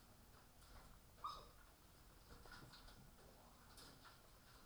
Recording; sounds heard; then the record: poultry house recording; sick chickens (respiratory disease)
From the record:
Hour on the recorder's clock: 18